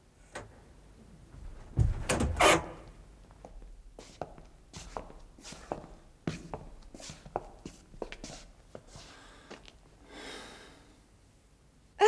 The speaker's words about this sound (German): Ich werde die Tür wieder schließen.